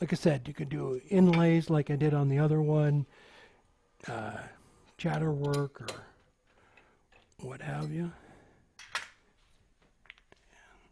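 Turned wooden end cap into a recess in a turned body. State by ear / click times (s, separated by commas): seated / 10.1 s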